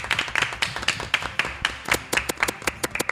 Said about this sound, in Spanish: Yo creo que esto se merece un aplauso, tío. Sí, esta gente sí.